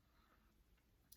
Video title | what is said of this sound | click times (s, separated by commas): How To: Essential Oils | and then once you've done that if you do get your dropper looking like that you just pop it back on | 1.1 s